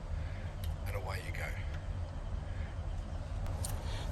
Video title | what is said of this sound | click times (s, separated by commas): Beginner guide to Trailer hookup A how to | make sure that clicks into place and | 0.6 s